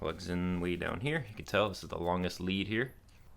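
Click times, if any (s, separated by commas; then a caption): none. A plastic electrical plug on a long lead is being handled as it is pushed toward a sensor or injector on a Harley motorcycle engine, while someone talks through most of the clip. A faint, brief sound is heard at about 3.1 s after the talking stops. The plug has not seated or clicked in yet.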